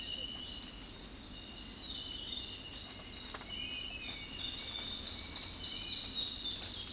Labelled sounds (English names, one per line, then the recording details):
Yellow-crowned Tyrannulet
Spot-backed Antbird
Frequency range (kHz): Yellow-crowned Tyrannulet 1.7-3.3 kHz; Spot-backed Antbird 2.5-5.3 kHz
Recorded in dense forest near Puerto Asís, Putumayo, Colombia, on 18 February 2024 at 06:30
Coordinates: 0.481, -76.318
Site G6421